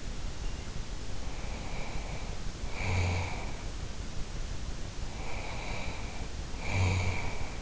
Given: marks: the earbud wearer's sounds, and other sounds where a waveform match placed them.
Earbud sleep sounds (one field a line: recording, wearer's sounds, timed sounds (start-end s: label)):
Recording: sounds in sleep by an in-ear microphone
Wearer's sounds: snoring breath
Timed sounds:
1.08-3.65 s: snoring breath
5.04-7.62 s: snoring breath